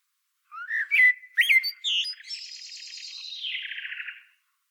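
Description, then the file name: Common blackbird sings a short fluted opening, followed by a long, thin, buzzy twitter that slowly falls in pitch before fading. "Turdus merula"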